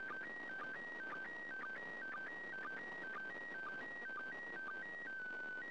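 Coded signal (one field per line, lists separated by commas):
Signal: SSTV (slow-scan television)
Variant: PD120 mode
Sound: warbling tone stepping between two pitches, with short low blips about twice a second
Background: radio static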